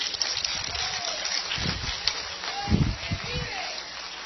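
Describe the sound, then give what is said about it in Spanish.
An audience bursts into loud, sustained applause at the preacher's call to applaud "the one who lives and reigns", a dense wash of clapping that holds steady for several seconds, with scattered voices and shouts rising through it. “¿Cuánto da un aplauso fuerte al que vive y reina?”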